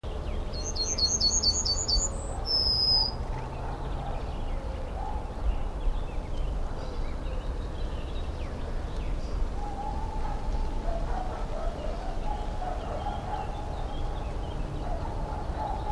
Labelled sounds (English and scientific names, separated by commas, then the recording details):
Yellowhammer (Emberiza citrinella)
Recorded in the wild
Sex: male
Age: adult
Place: Runding, Bayrischer Wald, Bayern, DE
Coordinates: 49.2172, 12.7844
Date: 2004-06-30
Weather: heiter, 15°C, schwacher bis mäßiger Wind
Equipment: Tascam DA-P1, Sennheiser MKH 70, Windkorb
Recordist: Frommolt, Karl-Heinz